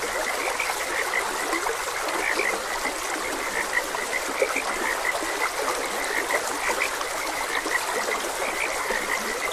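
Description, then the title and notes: Frog chorus of rapid, repeated short croaks, set against continuous rushing stream water. Frogs croaking beside a gentle stream. "Frogs Croaking. Sleep and Relaxation Podcast"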